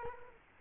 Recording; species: mosquito wingbeat signal from an infrared sensor; Culex quinquefasciatus